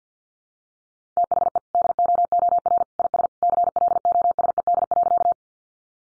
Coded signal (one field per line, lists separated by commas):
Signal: Morse code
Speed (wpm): 50 wpm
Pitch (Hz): 700 Hz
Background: none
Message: THE DOOR IS CLOSED.